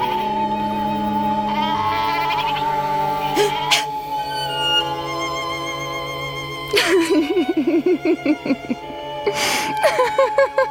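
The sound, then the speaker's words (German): Several goats bleat in overlapping, wavering cries, a steady drone of calls punctuated by a few sharper, louder bleats, with a quick run of rapid quavering calls near the end. “Lassen Sie uns die Ziegen wieder zusammentreiben.”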